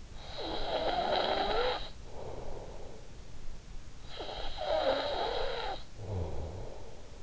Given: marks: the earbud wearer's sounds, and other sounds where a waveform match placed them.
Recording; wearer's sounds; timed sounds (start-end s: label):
sounds in sleep by an in-ear microphone; snoring breath
0.06-3.18 s: snoring breath
3.64-7.23 s: snoring breath